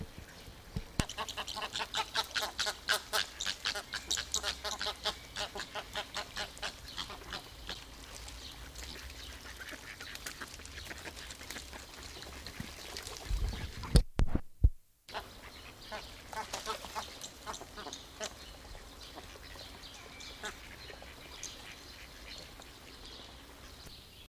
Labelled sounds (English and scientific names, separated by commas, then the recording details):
Chilean Flamingo (Phoenicopterus chilensis)
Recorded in captivity
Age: adult
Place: Zoo Halle, Sachsen-Anhalt, DE
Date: 2002-06-17 18:30
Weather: sonnig, 30°C
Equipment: Nagra SN, Kopie Uher 4000 Report Monitor
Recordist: Tembrock, Günter